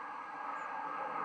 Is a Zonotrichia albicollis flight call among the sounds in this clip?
no